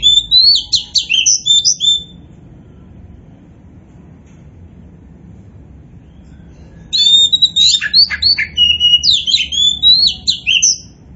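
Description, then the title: Oriental magpie-robin song: a two-second burst of rich whistles and chatters, a long quiet gap, then a longer varied phrase of rapid notes. Poci-type Oriental magpie-robin singing continuously and vigorously (gacor). "Kacer Poci"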